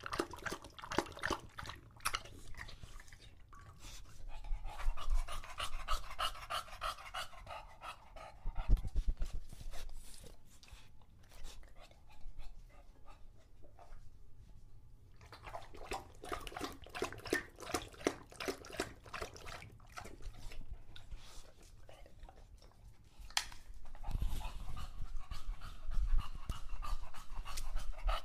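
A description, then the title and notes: An English bulldog laps water from a bowl in rapid wet bursts, pausing near ten seconds, with heavy panting and low thumps between. English Bulldog Drinks from Water Bowl. Don't let his heavy breathing fool you in between drinks, he's equally out of breath from the walk, as well as how long he tries to drink water for.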